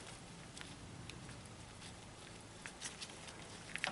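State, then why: Not seated. The 5 mm mounting bolt of a Campagnolo Chorus 12-speed rear derailleur is held level and started into the frame hanger thread, checked from behind to avoid cross-threading. Only faint, light contact ticks are heard over a low background hiss, around 0.6, 1.1, 2.7 and 3.8 seconds. The bolt is only started and has not seated or tightened yet.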